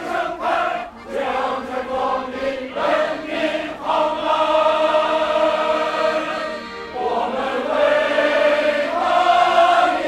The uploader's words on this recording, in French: In Beijing, Leute treffen sich jeden Tag im Park zu singen. Sie gehen spontan von Gruppe zur Gruppe um was zusammen zu singen. Les chorales populaires de Pékin.